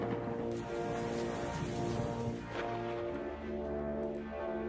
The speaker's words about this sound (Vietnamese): Ngoài trời mưa vẫn đang rơi rả rích.